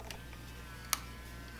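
The plastic back film door of a Fujifilm Instax Mini Link instant photo printer is closed after an instant film pack is loaded. A faint tap at 0.1 s comes over a steady low hum and buzz. The door snaps shut with a sharp click at 0.9 s as the printer's motor starts, and the door is seated.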